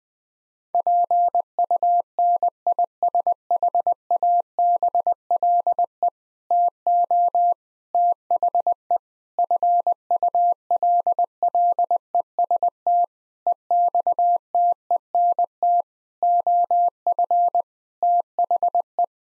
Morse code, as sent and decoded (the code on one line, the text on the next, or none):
.--. ..- -. .. ... .... .- -... .-.. . / - --- / - .... . / ..-. ..- .-.. .-.. . ... - / . -..- - . -. - / --- ..-. / - .... .
PUNISHABLE TO THE FULLEST EXTENT OF THE